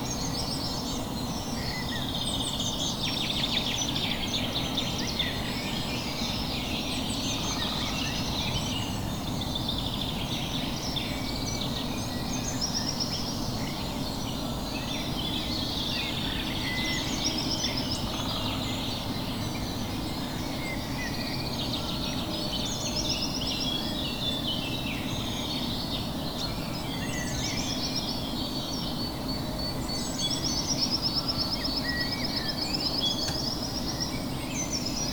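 Early morning birds chatter and call over a steady low hum that runs the whole time. Bright chirps, trills and short whistles overlap densely, some rising and falling, with a thin sustained whistle near the end and no clear pauses.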